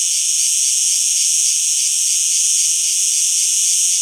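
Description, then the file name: Cicada song, a continuous sizzling high buzz with faint rapid pulsation, constant in volume from start to finish. "Insectes- Cigales"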